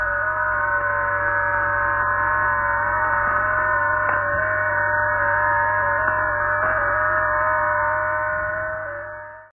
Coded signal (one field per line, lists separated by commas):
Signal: FT8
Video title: 15 Things I've Learned About FT8